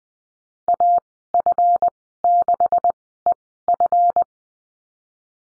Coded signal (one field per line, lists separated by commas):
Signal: Morse code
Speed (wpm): 20 wpm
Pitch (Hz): 700 Hz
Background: none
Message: AF6EF